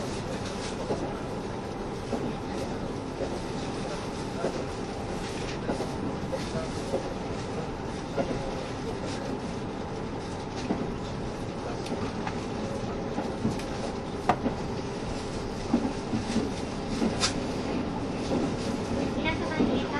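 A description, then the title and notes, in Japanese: A KiHa 72 Yufuin no Mori diesel train runs with a steady, dense rumble and engine drone, punctuated by occasional sharp rail clicks. キハ72系 ゆふいんの森06号01 由布院～うきは。走行音。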